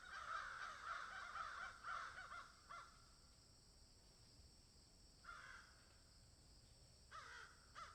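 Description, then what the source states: Crows cawing in quick harsh bursts for the first three seconds, then a few shorter bursts later, over a steady background hiss. Several crows cawing in a field.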